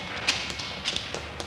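Running footsteps of someone hurrying upstairs after others patter along in a quick, slightly uneven series of soft, bright taps and light thuds, about six steps over a second and a half with no voices.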